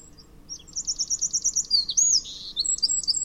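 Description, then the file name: Eurasian wren singing a rapid, piercing series of high repeated notes, then a bright warble and further quick trilled notes. "Troglodytes troglodytes"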